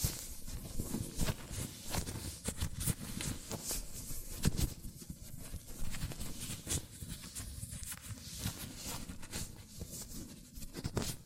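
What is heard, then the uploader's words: Hands in latex gloves rub and squeak together, making a dense run of small crinkles, snaps and rustles with no pause. Sharp brief squeaks pop out now and then, near the 4.5 and 7 second marks. ASMR Latex Gloves Hand Sounds (No Talking).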